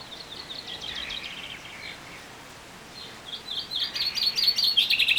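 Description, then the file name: Common chaffinch song phrases: a faint descending trill at first, a pause, then a louder bright trill of repeated notes that builds toward the end. "Fringilla coelebs"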